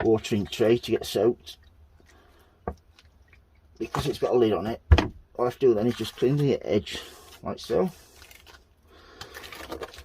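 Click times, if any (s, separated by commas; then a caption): 9.2 s, 9.4 s, 9.7 s, 9.8 s. A clear plastic lid from a recycled food container, used as a seed propagator, is pressed down onto the tub of sown seeds after its rim is wiped clean, while someone talks. Small snaps at about 9.2, 9.4, 9.7 and 9.8 seconds mark the lid clicking into place around the edge, and the lid is seated.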